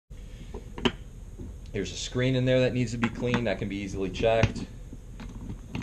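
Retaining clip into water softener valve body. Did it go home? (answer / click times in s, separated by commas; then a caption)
yes / 5.8 s. A plastic retaining clip is pushed into a water softener valve body and snaps into place flat, with a sharp click at 5.8 s. Someone talks beforehand, with a few small clicks and handling knocks earlier in the clip.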